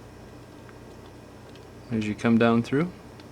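A plastic mid-frame is being worked down along the sides of a Galaxy Note 3 phone housing so its clips snap into place during a headphone audio jack replacement. A quiet background hum carries faint light ticks near 0.7 s and 3.2 s, while someone talks from about 1.9 to 2.9 s. Nothing has seated or clicked yet; the part is still being handled.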